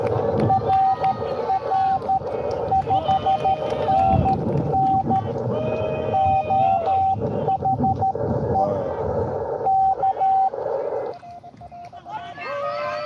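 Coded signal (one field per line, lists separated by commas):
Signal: Morse code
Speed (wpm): 13 wpm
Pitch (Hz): 770 Hz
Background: speech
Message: RR 5NN OH E K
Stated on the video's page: Live CW Parks on the Air activation from a state park.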